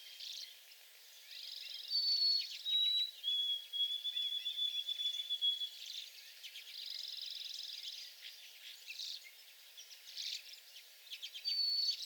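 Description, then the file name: White-throated sparrow song: a short high whistle, a slightly lower one, then a long steady lower whistle, with another high whistle near the end, amid a chorus of other birds. 28 April 2022, in the back shrubs. "2022-04-28 White-throated Sparrow in back shrubs"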